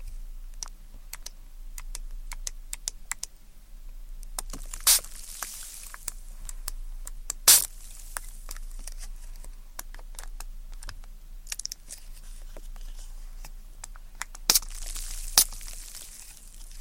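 Ear cleaning with tweezers gives dense, sticky crackles and clicks, with two bright spray-like bursts around five and fifteen seconds over a low hum.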